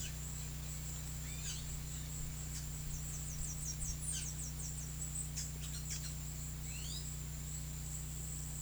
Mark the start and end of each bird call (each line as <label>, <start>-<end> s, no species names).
bird call, 1.27-1.65 s
bird call, 2.87-6.13 s
bird call, 6.68-7.05 s